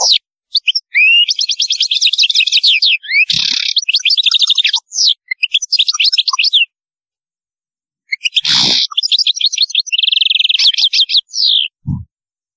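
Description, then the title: European goldfinch song, long sequences of rapid rhythmic twittering trills interrupted by harsh buzzy notes, a pause midway, then more chattering phrases. "Chant Chardonneret"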